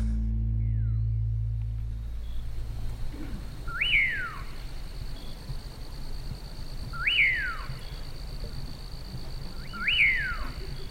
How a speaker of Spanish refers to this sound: ¿Escuchás? El caballero. Este pájaro que canta solo por las noches se llama el caballero. De día nadie lo ve. Así, desde las sombras, canta.